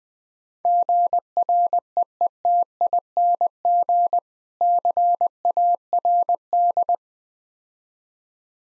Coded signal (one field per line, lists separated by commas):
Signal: Morse code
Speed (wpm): 21 wpm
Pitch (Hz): 700 Hz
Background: none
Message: GREETING CARD